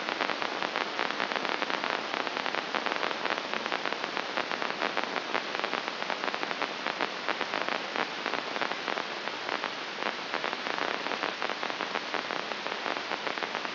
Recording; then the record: brain microelectrode recording played as sound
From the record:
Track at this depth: outside the subthalamic nucleus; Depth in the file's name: 6.015 mm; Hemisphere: left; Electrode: 2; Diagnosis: Parkinson's disease